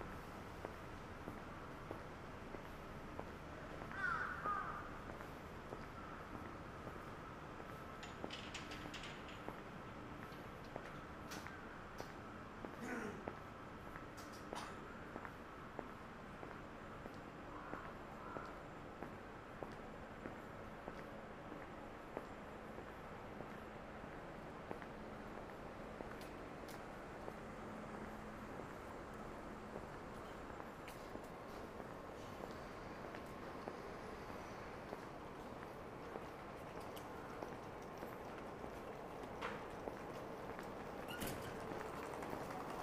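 A Saturday morning street in Shinjuku's Omoide Yokocho, with a dense, steady wash of city noise and passing vehicles throughout. Scattered voices and short clicks and knocks pop up every few seconds, with a brief bright tone near the start.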